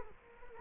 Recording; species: mosquito wingbeat signal from an infrared sensor; Culex quinquefasciatus